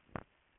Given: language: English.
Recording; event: throat vibration sensor signal played as sound; swallow